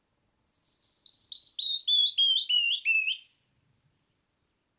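Canyon wren singing a bright descending run of whistled notes, each slurred upward, the series dropping step by step for about three seconds before silence.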